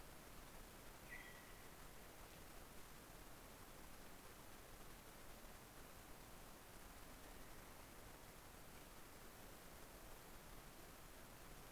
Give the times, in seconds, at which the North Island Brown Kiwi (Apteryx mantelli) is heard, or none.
none